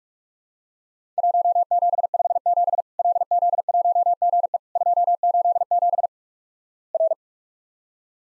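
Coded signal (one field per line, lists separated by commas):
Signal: Morse code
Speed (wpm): 46 wpm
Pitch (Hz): 700 Hz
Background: none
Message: 1757 LZ1GE 287 R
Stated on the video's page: Practice recreation of Worked All Europe DX Contest CW QTC exchanges at 45 wpm, each sent in Morse, spoken, then repeated.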